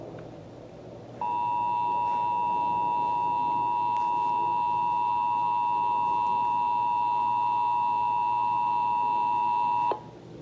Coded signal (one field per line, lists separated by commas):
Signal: Emergency Alert System (SAME) tones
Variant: 853 and 960 Hz attention tone